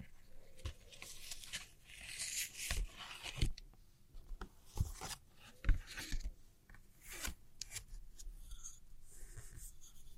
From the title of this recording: Tracing And Gentle Scratchy Tapping On Old Postcards